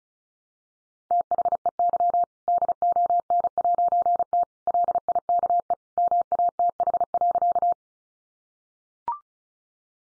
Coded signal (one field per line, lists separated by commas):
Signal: Morse code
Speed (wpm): 34 wpm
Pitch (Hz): 700 Hz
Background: none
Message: THEY DON'T LIKE MATH.